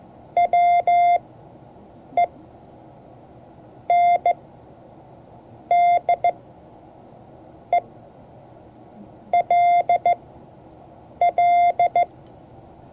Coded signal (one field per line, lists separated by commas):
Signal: Morse code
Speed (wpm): 15 wpm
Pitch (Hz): 700 Hz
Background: none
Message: WENDELL